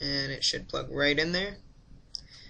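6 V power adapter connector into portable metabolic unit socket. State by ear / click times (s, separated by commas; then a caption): seated / 2.1 s. A 6 V power adapter connector is plugged into the labeled socket on a COSMED K4b2 portable metabolic unit while someone talks. After the talking stops, a single sharp click at 2.2 seconds shows the connector has seated.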